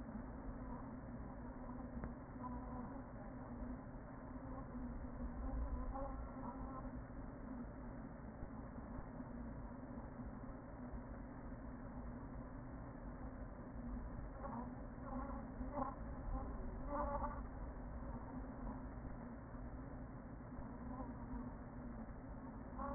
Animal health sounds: honeybee colony, microphone inside the hive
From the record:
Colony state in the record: queen present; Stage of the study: after two queens were removed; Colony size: about 40,000 bees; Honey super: no

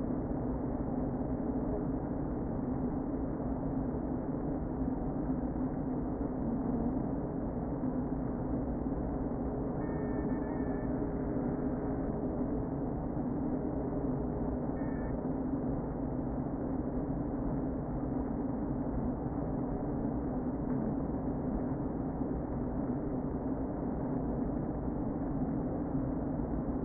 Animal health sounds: honeybee colony, microphone inside the hive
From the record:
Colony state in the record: queen present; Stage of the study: before two queens were removed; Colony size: about 60,000 bees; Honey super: yes

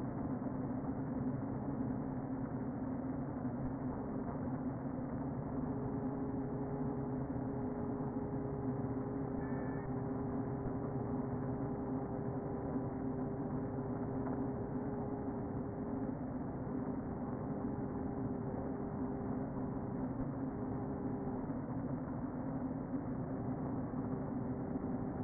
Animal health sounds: honeybee colony, microphone inside the hive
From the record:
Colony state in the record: queen present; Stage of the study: before two queens were removed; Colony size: about 60,000 bees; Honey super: yes

